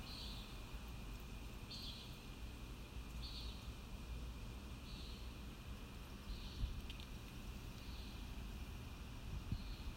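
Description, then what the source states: Common nighthawk giving faint buzzy peents, about seven in ten seconds at a steady pace, largely masked by a loud, constant low rumble. Recorded at Kissimmee on 1 May 2019.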